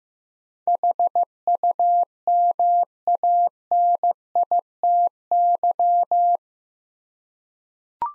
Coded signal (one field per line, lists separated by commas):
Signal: Morse code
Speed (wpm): 15 wpm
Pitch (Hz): 700 Hz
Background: none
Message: HUMANITY